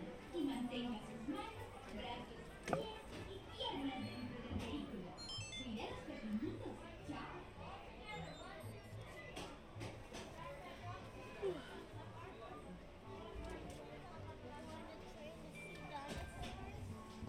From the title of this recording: Mickey's Toon Town, Disneyland Binaural Recording